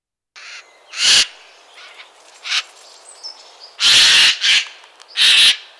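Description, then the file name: Eurasian jay rasping screams, several loud harsh bursts of uneven length, one followed by a shorter second note, amid soft chirping of smaller birds. "geai Des Chenes"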